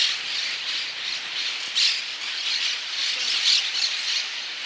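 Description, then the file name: Parakeet in a noisy flock, a continuous wash of overlapping harsh squawks with a few louder screeches standing out. "cotorra Voz"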